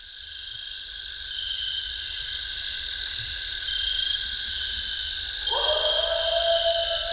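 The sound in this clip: Eastern coyote howl: one smooth, harmonic howl sweeps upward in the last two seconds and is then held, over a constant, shrill insect chorus.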